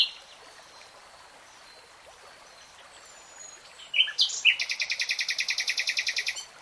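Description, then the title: Nightingale song: after a quiet stretch, a few sharp notes lead into a long, fast, evenly repeated series of loud high notes. Singing, recorded in real time. "[Tiếng chim hót] Nightingale Singing"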